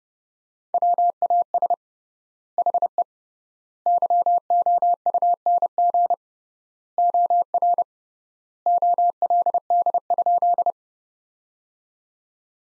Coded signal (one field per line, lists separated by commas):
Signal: Morse code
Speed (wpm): 32 wpm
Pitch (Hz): 700 Hz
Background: none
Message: WAS HE YOUNG OR OLD?